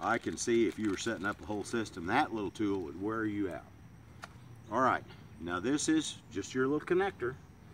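Someone talks while handling a small barbed plastic drip connector meant to be popped into a poly supply line, with a brief faint tick near 4.2 s during a pause. The connector has not been pushed in yet, and nothing has seated or clicked.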